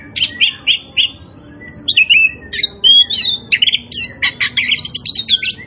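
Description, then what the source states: Oriental magpie-robin song, a rich run of varied whistles, trills and rasping notes, mostly high-pitched, delivered in quick bursts with brief gaps. Kacer poci type, singing vigorously (gacor).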